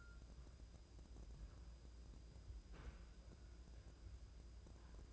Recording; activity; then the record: daily activity, microphone in the room; wipe stove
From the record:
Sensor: 2